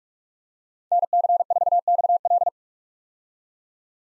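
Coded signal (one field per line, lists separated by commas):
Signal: Morse code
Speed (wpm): 45 wpm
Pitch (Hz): 700 Hz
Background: none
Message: NC4XL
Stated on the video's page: Morse head-copy drill of common POTA activator call signs at 45 wpm.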